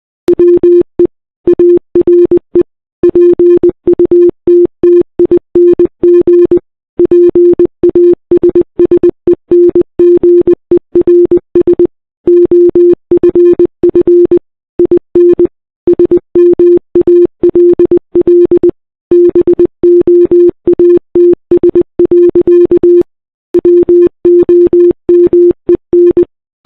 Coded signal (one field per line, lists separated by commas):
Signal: Morse code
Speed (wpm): 20 wpm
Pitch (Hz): 350 Hz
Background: none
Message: WE ARE PUTTING PASSENGERS OFF IN SMALL BOATS. WOMEN